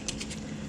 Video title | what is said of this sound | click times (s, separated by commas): Kershaw Folding Knife | Yeah, so it locks in place here, | 0.1 s